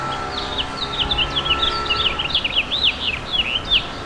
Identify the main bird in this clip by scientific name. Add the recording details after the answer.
Haemorhous mexicanus. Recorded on Long Island, New York, on 11 June 2012. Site OP. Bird A